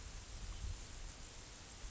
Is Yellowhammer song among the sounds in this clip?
no